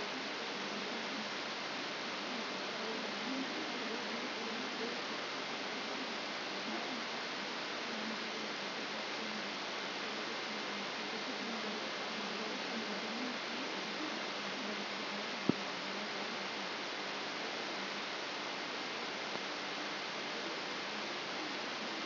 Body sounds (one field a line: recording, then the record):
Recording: brain microelectrode recording played as sound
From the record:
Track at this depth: outside the subthalamic nucleus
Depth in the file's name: 5.901 mm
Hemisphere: left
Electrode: 3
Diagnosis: Parkinson's disease